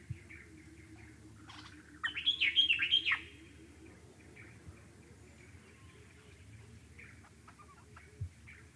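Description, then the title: Dark-capped bulbul giving one clear, bubbly warbled phrase, with faint chirps before and after over a low steady background hum. Okavango. "intotheokavango dark capped bulbul"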